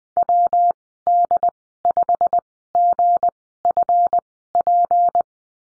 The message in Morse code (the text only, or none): WD5GFP